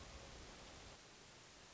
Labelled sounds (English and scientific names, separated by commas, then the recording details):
Hermit Thrush (Catharus guttatus)
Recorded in Sonoma County, California